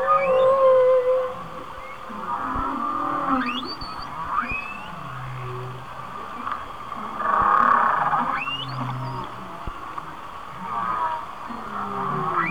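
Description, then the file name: Whale sounds with rising squeals, short level whistles and low buzzy grunts, arriving in bursts separated by quieter stretches. "Whale Songs- Mike Mc Donald"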